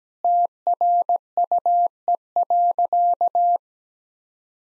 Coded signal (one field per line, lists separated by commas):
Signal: Morse code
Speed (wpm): 17 wpm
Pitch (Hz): 700 Hz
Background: none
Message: TRUE.